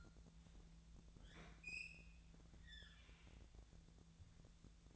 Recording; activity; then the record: daily activity, microphone in the room; open fridge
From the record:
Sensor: 3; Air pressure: 1000.1 hPa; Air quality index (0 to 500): 132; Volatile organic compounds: 2 ppm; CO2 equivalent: 1180 ppm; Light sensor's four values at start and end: 43/109/46/51 and 43/109/46/51